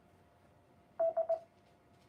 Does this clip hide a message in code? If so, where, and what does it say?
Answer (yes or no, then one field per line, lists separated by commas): no